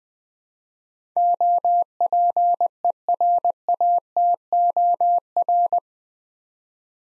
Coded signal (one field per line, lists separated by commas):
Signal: Morse code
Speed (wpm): 21 wpm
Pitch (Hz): 700 Hz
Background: none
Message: OPERATOR